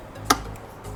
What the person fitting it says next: Ecco, ha fatto clic, si è agganciato e adesso rimetto in posizione l'attuatore.